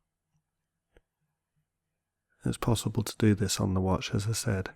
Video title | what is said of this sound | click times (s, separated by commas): Rolex 3135 Service. Part 3. Watch Repair Tutorials. | so it locks in place when you push this lever across | 1.0 s